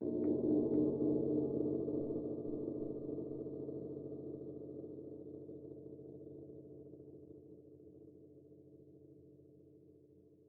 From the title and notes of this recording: Meditation Five Celestial Gongs.